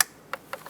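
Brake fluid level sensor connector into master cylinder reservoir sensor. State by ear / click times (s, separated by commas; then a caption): seated / 0.0 s. On a 2014–2021 Mazda 6, the plastic electrical connector for the brake fluid level sensor is lined up and pressed onto the master cylinder reservoir, giving a sharp, loud click at 0.0 s as it seats. Quieter ticks follow at about 0.3 s, 0.5 s and 0.7 s.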